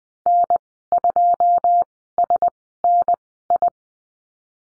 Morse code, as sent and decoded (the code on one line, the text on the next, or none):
-. ..--- ... -. ..
N2SNI